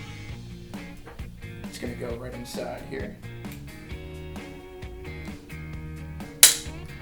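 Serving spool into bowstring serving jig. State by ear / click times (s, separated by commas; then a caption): seated / 6.4 s. A bowstring serving spool is pushed into a bowstring serving jig and clicks into place, seated, with a sharp click at 6.4 seconds. Someone talks over music throughout, and a few softer handling taps come earlier.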